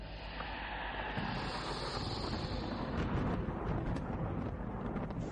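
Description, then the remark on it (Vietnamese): A loud lightning strike hitting straight down on a house, collapsing the roof, with a sustained, deep rolling rumble of thunder, broken by harsh crackling bursts that grow rougher toward the end. No voices are heard. “Đột nhiên từ trên trời một tia sét đánh thẳng xuống ngôi nhà, toàn bộ vùng mái nhà nơi con rắn tinh đang đứng bị sập xuống, kèm theo đó là một tiếng nổ lớn khiến tất thảy đinh tai nhức óc.”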